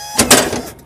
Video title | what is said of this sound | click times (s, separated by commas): How to Remove a Boss V Plow Snow plow In-Depth How To | See that pin pop out? | 0.2 s